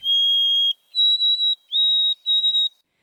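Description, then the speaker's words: White-throated Sparrow song: clear pure whistles, one long steady note, then a few higher notes, loud against a silent background. Clear, pipe-like song. "Every morning, I'd hear its clear, pipe-like song."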